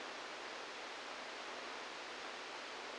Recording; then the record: brain microelectrode recording played as sound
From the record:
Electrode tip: inside the subthalamic nucleus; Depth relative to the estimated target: 1 mm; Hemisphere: right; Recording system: NeuroSet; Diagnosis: Parkinson's disease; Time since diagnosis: 10 years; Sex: male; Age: 63 years